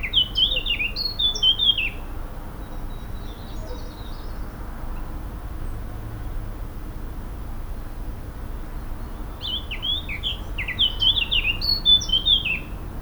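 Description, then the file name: Eurasian blackcap warbling song in two bursts, one at the start and one after nine seconds, with quick, scratchy, tumbling notes and a quiet stretch between them. "Sylvia atricapilla"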